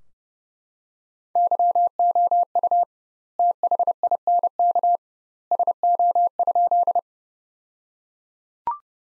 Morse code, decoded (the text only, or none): YOU THINK SO?